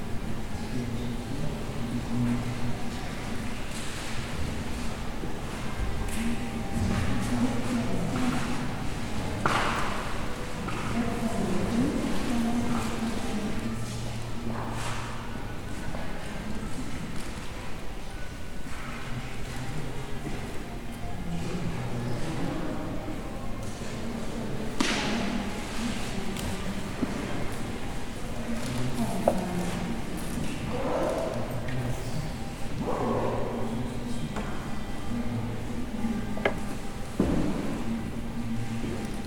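A sound walk through Cadaqués: a steady dense bustle with scattered voices, thumps and clatters, and a low hum running throughout.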